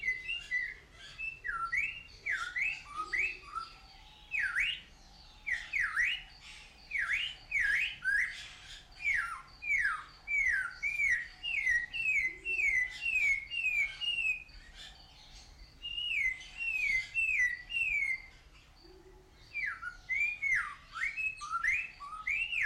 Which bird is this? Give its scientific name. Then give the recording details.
Cossypha niveicapilla. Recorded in captivity. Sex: male. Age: adult. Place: Zoo Berlin, Berlin, DE. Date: 1993-01-01 10:13. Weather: sonnig, -5°C. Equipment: Marantz CP 430, Sennheiser ME 80, Kopie Uher Variocord 263. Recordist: Tembrock, Günter. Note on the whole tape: Gesang (sehr variabel, mit Motiv-Wiederholungen)